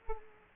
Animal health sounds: mosquito wingbeat signal from an infrared sensor; Culex quinquefasciatus

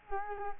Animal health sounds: mosquito wingbeat signal from an infrared sensor; Culex quinquefasciatus

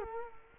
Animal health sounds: mosquito wingbeat signal from an infrared sensor; Culex quinquefasciatus

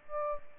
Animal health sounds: mosquito wingbeat signal from an infrared sensor; Aedes aegypti

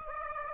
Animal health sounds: mosquito wingbeat signal from an infrared sensor; Aedes aegypti

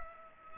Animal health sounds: mosquito wingbeat signal from an infrared sensor; Culex pipiens

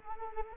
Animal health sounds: mosquito wingbeat signal from an infrared sensor; Anopheles arabiensis

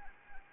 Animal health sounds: mosquito wingbeat signal from an infrared sensor; Anopheles arabiensis

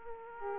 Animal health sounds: mosquito wingbeat signal from an infrared sensor; Aedes aegypti

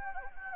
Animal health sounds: mosquito wingbeat signal from an infrared sensor; Anopheles gambiae

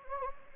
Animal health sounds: mosquito wingbeat signal from an infrared sensor; Anopheles gambiae

